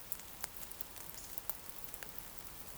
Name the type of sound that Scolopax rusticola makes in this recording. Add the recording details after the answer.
whistle. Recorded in Baden-Württemberg, Germany, on 28 June 2020 at 02:25 UTC. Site 43791, 788 m above sea level